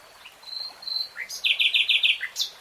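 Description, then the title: Nightingale song: soft thin whistles, then a rising slurred note and a run of five loud, rich repeated notes. Nightingale singing in real time. "[Tiếng chim hót] 3 Hours REALTIME Nightingale Singing"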